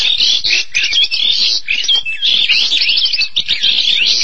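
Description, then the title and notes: Starling song of squeaky whistles and harsh, buzzy chatter in quick, uneven bursts. "suara burung jalak"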